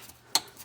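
On an old BMW, a wheel-area sensor wiring plug (brake pad wear or wheel speed sensor) that was not fully seated is pushed back into its mating connector socket, and a single sharp click sounds at 0.4 seconds. The rest of the clip is quiet, with only faint low noises, and the connector is confirmed seated.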